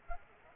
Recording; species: mosquito wingbeat signal from an infrared sensor; Culex pipiens